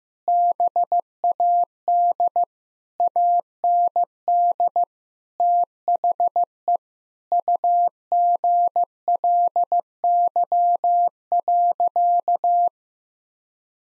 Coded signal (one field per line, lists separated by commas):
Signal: Morse code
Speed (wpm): 15 wpm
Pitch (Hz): 700 Hz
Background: none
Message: BAD AND THE UGLY.